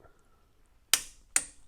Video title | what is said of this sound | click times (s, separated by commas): Torque wrench review, trying it, 1930 Model A Ford head with @ModelA ANPUDS brand | That's a that was a manly loud click. | 0.9 s